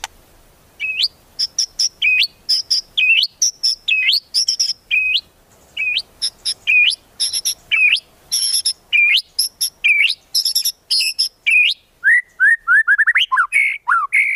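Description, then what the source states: White-rumped shama delivering repeated short upward-swooping whistles mixed with high chips and clicks, ending in a tumbling run of lower notes. Song used as a lure for trapping.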